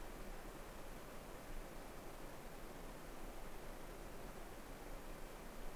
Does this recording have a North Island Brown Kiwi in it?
no